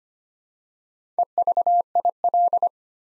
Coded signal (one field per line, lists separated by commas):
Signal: Morse code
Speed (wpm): 25 wpm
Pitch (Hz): 700 Hz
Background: none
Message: EVIL